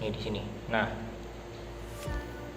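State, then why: Not seated. An RJ45 plastic connector on UTP network cable is being handled at the crimping tool while someone talks, with a steady low hum in the background. The tool has not clicked yet and nothing has seated or been crimped.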